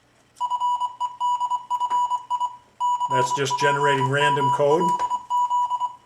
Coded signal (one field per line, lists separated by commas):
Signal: Morse code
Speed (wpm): 23 wpm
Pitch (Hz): 980 Hz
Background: speech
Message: FEDFI CPMLZ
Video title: MFJ-490 X Memory Keyer Review